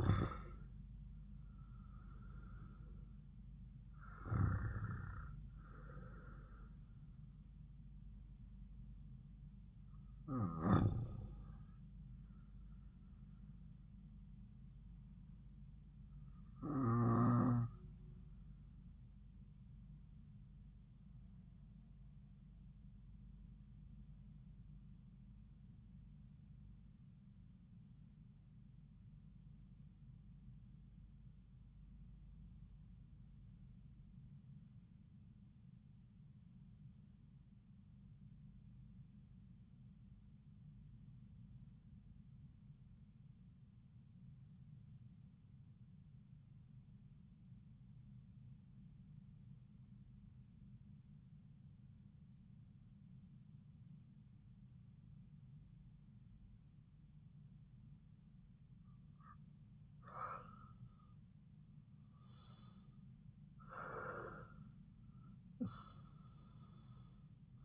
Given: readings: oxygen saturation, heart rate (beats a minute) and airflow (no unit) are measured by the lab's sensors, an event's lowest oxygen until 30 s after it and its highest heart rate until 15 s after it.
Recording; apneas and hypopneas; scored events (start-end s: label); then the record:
breathing in sleep by a smartphone at the bedside; 1
3.00-67.65 s: new sleep stage, REM sleep
26.00-59.00 s: obstructive apnea (REM, oxygen 97% highest, then 82% lowest)
From the record:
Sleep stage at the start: N2 (light sleep); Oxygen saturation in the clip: 85 to 97%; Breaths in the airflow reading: 6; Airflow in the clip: -8.6 to 8.1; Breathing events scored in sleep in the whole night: 270 in 6.1 hours asleep